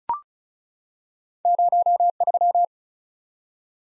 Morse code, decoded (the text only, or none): 03